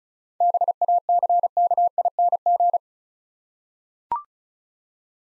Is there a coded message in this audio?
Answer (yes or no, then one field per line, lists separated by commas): yes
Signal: Morse code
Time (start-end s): 0.4-2.8 s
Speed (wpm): 36 wpm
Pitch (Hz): 700 Hz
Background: none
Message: BACKING